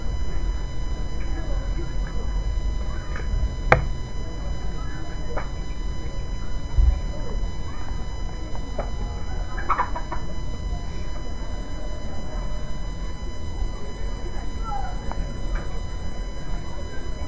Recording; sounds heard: poultry house recording; healthy chickens